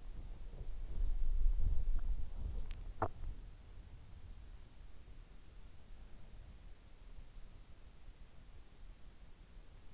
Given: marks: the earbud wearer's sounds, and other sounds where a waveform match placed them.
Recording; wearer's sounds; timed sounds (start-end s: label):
sounds in sleep by an in-ear microphone; body movement
0.00-2.93 s: body movement